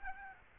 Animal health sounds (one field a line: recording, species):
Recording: mosquito wingbeat signal from an infrared sensor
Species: Aedes albopictus